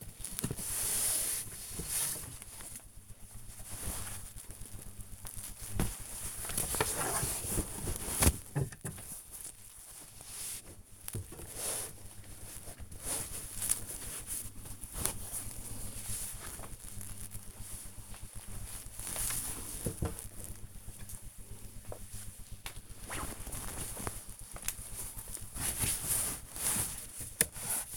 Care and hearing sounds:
household activities, microphone on the right wrist
0.00-27.97 s: tidy up the wardrobe

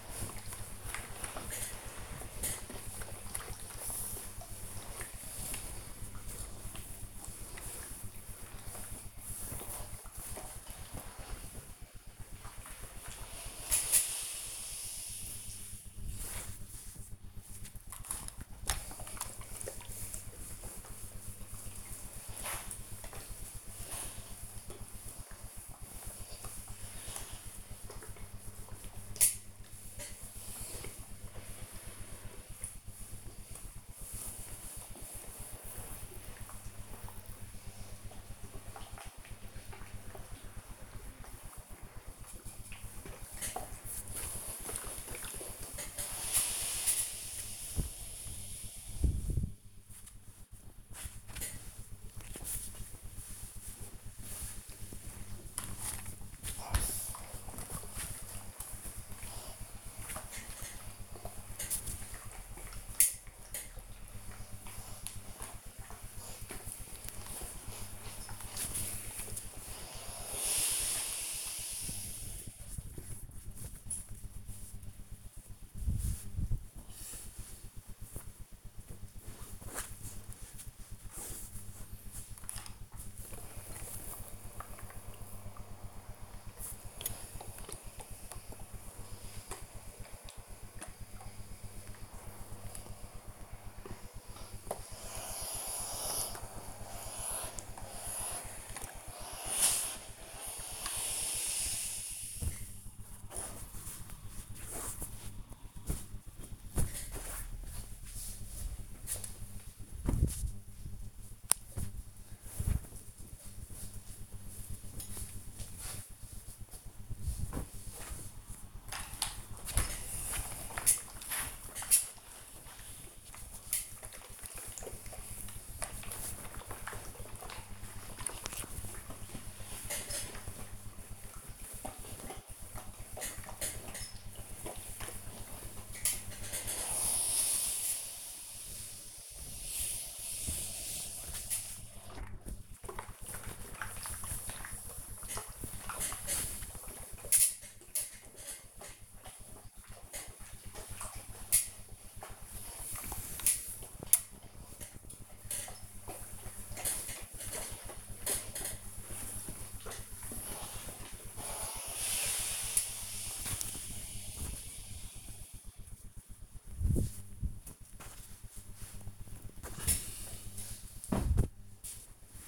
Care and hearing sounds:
household activities, microphone on the right wrist
0.00-109.92 s: ironing laundry
120.95-172.48 s: ironing laundry

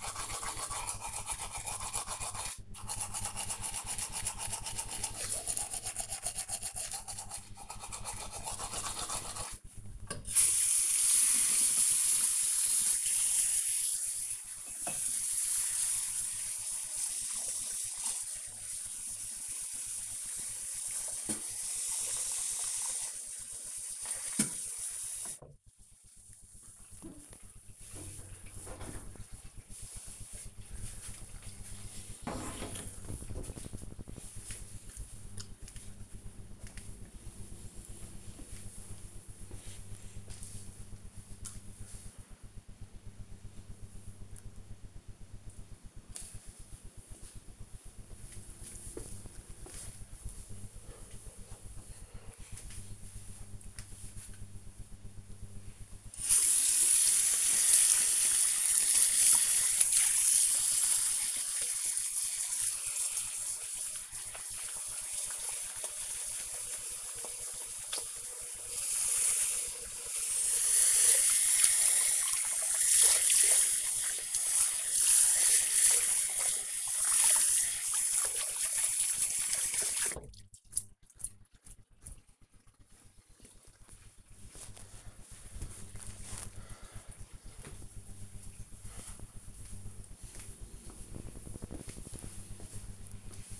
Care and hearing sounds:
household activities, microphone on the right wrist
0.00-26.00 s: brushing teeth
55.10-80.22 s: washing hands

